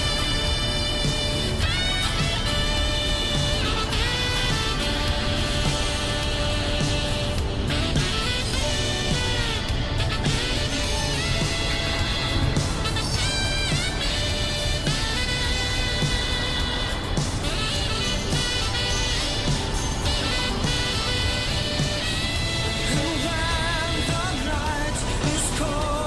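A car drives along with its engine keeping a steady low rumble throughout, while a radio plays, its tones and voices sliding and wavering through crackle. The loudness stays constant the whole time, with no pauses, and faint waves wash underneath.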